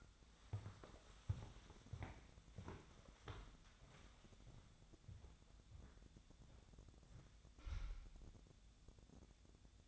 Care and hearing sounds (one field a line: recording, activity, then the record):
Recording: daily activity, microphone in the room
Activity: walk to room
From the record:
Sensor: 3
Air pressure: 999.9 hPa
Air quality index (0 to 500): 118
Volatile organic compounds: 2 ppm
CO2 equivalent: 1061 ppm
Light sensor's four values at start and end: 39/95/42/46 and 41/99/44/48